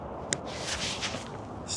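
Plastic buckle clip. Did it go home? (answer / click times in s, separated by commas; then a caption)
yes / 0.3 s. A plastic side-release clip, one of two, is fastened on a backpack cooler that has been folded into itself to hold it shut. It snaps into place with a single sharp click at 0.3 s over a steady broadband hiss and soft rustling. The clip is seated.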